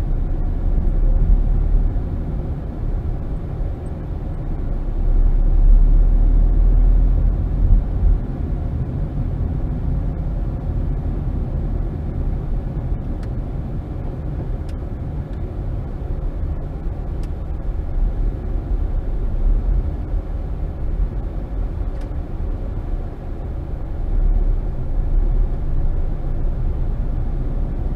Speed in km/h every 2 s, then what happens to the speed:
21, 21, 19, 26, 27, 26, 19, 13, 10, 10, 10, 11, 13, 18.
4-7 speeds up to 27. 9-15 slows to 10. 15-21 steady at about 10. 21-28 speeds up to 18.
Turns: 13-22.